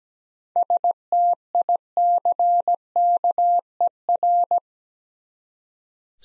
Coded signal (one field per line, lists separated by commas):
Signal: Morse code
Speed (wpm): 17 wpm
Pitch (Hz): 700 Hz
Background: none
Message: STICKER